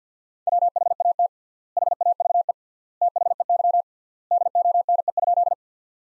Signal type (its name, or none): Morse code